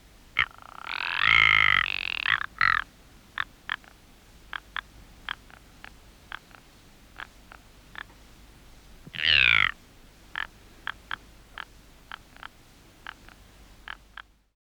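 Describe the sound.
Ptarmigan calls: two loud, harsh croaking bursts near the start and again around nine seconds, between them a long series of short dry clicks spaced at uneven intervals.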